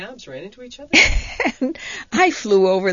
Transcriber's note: she laughs